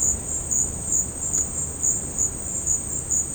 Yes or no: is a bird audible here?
no